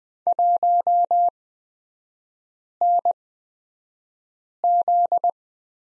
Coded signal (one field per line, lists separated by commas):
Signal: Morse code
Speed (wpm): 20 wpm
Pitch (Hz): 700 Hz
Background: none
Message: 1NZ